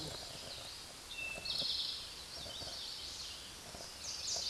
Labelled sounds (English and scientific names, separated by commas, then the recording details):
Eastern Towhee (Pipilo erythrophthalmus) song
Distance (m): 30 m
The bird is about 15 m above the microphone
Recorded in a Pennsylvania forest on 16 May 2024 at 09:08
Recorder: AudioMoth, point MSD-1534
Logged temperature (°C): 15.6 °C
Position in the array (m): 63 m, 15 m